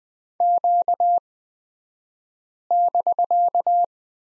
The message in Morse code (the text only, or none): Q<BK>